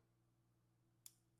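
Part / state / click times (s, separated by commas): wiring harness connector into mating connector on motorcycle / seated / 1.1 s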